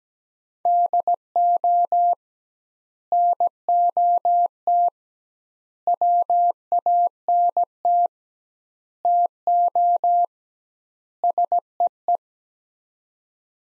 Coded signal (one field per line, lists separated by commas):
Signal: Morse code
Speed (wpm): 17 wpm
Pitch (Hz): 700 Hz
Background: none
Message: DO NOT WANT TO SEE